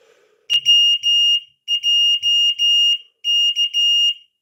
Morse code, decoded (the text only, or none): WJK